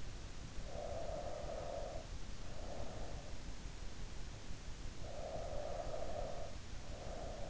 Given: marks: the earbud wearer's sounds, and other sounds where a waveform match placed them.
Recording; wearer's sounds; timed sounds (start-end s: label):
sounds in sleep by an in-ear microphone; breath
0.49-3.36 s: breath
4.72-7.50 s: breath